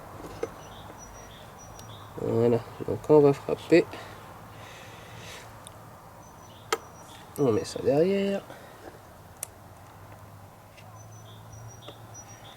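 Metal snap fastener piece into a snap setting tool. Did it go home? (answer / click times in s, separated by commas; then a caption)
yes / 9.4 s. A metal snap fastener piece for fitting the A-yokes to a WW2 US M1 helmet liner, converting it to the paratrooper version, is placed behind a snap setting tool before hammering. Someone talks, with a few faint ticks and handling sounds around them. A single sharp click at 9.4 s marks the snap piece clipping into the setting tool, and it is confirmed seated.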